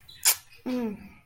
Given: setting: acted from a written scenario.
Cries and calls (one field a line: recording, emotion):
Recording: vocal sound without words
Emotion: neutral